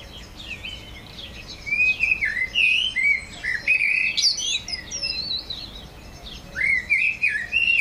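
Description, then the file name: Eurasian blackbird singing a long flowing run of fluted, wavering whistles with sharp high squeaks mixed in, followed by a shorter phrase near the end. "Turdus merula"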